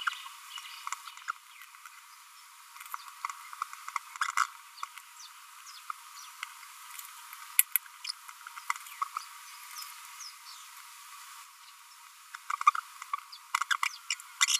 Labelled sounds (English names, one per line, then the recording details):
Green-rumped Parrotlet babbling
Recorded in a nest box in Venezuela
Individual 18B25A3